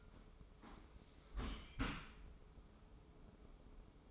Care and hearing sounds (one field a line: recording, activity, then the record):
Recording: daily activity, microphone in the room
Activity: close dishwasher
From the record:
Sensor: 1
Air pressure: 995.8 hPa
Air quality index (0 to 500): 62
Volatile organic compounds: 2 ppm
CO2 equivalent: 1230 ppm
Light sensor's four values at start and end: 32/110/43/45 and 32/111/43/45